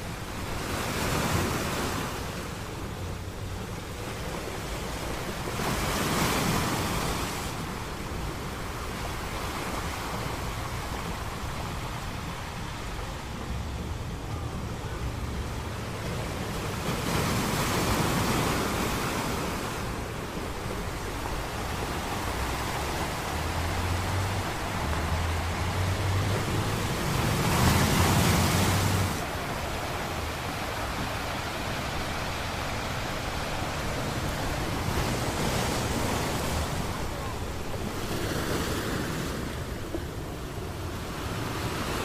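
Ocean waves wash in a steady, dense hiss that never drops away. Louder surges swell every few seconds, strongest around 6, 18, 28 and 36 seconds, with a low rumble underneath and brief thuds near 25 to 28 seconds.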